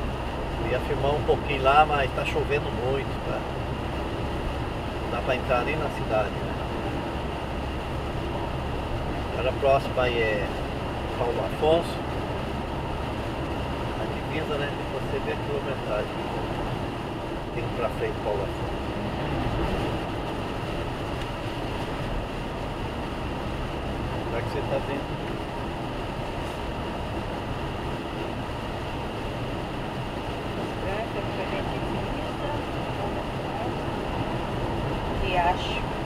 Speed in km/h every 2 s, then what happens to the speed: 102, 105, 106, 107, 107, 107, 106, 103, 102, 100, 98, 101, 103, 104, 104, 106, 108, 107.
0-10 steady at about 106. 10-20 slows to 98. 20-36 steady at about 104.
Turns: none.